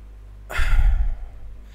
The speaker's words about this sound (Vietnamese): Sorry anh em, tôi tự nhiên tôi hơi khó thở.